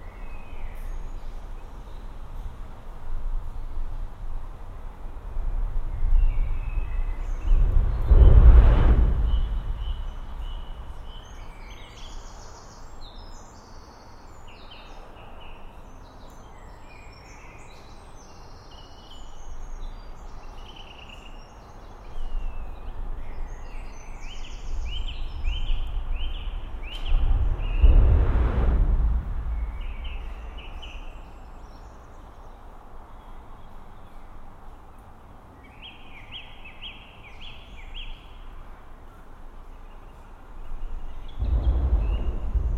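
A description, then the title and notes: Under a steel bridge at dusk, low rumbles swell past around 8 and 28 seconds over steady hum, with scattered high bird chirps throughout. 'Neath a Steel Bridge at Dusk. Briton Ferry, April 2020. Recorded using the Sennheiser AMBEO Smart Headset.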